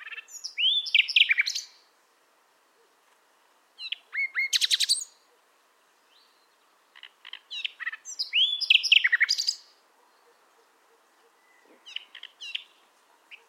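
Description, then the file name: Common nightingale singing rich phrases mixing upswept whistles, dry rattling notes and quick trills, separated by pauses of about two seconds. "Luscinia megarhynchos"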